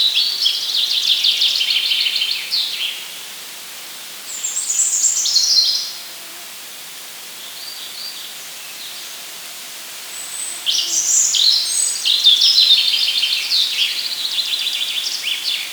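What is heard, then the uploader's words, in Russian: A day in the woods, with bright, busy birdsong in bursts at the start, around five seconds, and from eleven seconds on, over quiet air. День в лесу (day in the wood).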